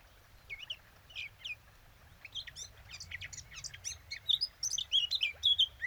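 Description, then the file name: Eurasian blackcap song: a quiet scratchy warble building into louder, clearer fluting notes toward the end, over a low steady rumble. "Sylvia atricapilla"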